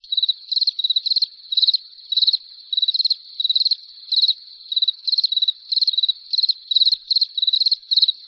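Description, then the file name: Cricket giving rapid high-pitched pulsed chirps in repeated bursts, with a few faint clicks. "grillons"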